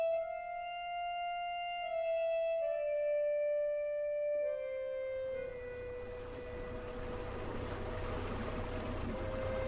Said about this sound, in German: Steuert ein Motorboot aus einem schattengrünen Hafen, weit östlich im finnischen Meerbusen. Ein kleines Boot, Frachtklappe, dünnes Stoffdach und windgebeugt mit weißer Mütze ein alter Yachtkapitän.